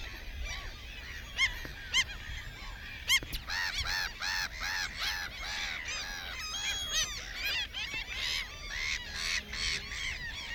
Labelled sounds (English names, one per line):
Mediterranean Gull call